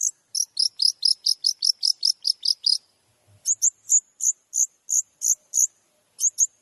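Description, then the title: Long-tailed shrike song: a fast series of sharp, high, doubled notes, a short silence, then a steadier row of thin whistled notes. Masteran training recording for other shrikes, full of tembakan (shooting-style rapid notes). "MASTERAN TERBAIK CENDET FULL TEMBAKAN"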